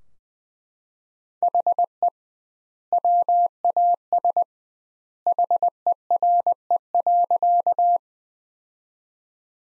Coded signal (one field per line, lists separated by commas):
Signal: Morse code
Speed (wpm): 21 wpm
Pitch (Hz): 700 Hz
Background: none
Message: HE WAS HERE.